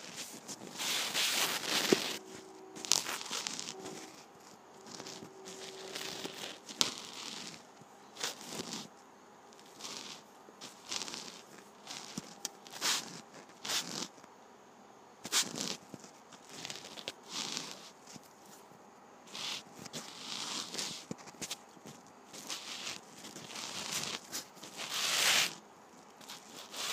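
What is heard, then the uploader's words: Rubbing against Penny Ridge: repeated bursts of scraping and crinkling friction, uneven in rhythm, with a brief steady tone near three seconds. ASMR Penny Ridge Rubbing.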